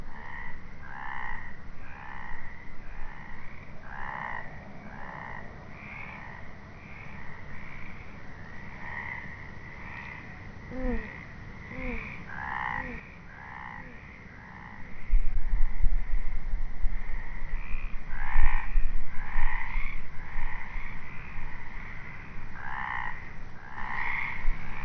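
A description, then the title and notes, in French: Frogs call steadily in a marsh, short repeated croaks pulsing every second or so in a dense overlapping chorus. Around the eleven-second mark a few rising chirps suggest a bird. From fifteen seconds a low rumble joins underneath, making the background louder. LE COURAGE DES OISEAUX ET LES GRENOUILLES. Au milieu du Marais Doux d'Aytré. Seul au milieu des courageuses grenouilles et quelques oiseaux que tout ce boucan empêchait de dormir.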